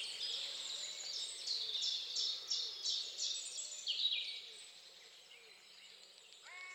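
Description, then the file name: Birdsong with a run of high, slurred downward notes for about four seconds, then a rising whistle at the end. At dawn. "Odgłosy-Natury-Świt-i-ptaki"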